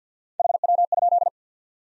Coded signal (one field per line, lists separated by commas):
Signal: Morse code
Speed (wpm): 50 wpm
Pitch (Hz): 700 Hz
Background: none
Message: HW?